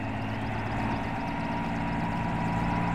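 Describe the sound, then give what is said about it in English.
A helicopter loaded with cargo starts for takeoff, its engine running with a steady, loud, droning hum, full of low rumble and a constant mid-pitched whine, holding even throughout with no voices. “Load up the chopper.”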